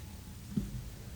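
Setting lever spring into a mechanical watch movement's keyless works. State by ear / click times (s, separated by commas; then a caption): not seated / none. A small steel setting lever spring is handled and pressed onto the keyless works of an Oris Pointer Date mechanical watch movement, its screw almost fully tightened so the spring can snap into position before the final tightening. Only a quiet low hum is heard, with a soft brief bump around 0.6 s. Nothing has seated or clicked yet.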